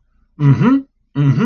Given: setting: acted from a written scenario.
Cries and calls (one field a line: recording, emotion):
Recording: vocal sound without words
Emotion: pride